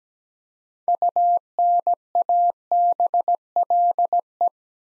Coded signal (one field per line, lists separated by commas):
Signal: Morse code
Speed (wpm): 17 wpm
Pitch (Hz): 700 Hz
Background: none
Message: UNABLE